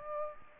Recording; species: mosquito wingbeat signal from an infrared sensor; Aedes aegypti